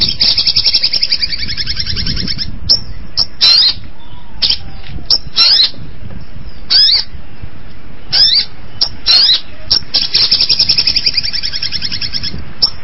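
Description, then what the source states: Long-tailed shrike song: harsh scratchy bursts and sharp high notes in irregular phrases, with a buzzy chatter at the start. Combination song.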